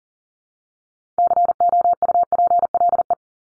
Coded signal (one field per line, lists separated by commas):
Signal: Morse code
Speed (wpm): 40 wpm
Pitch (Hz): 700 Hz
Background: none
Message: COUPLE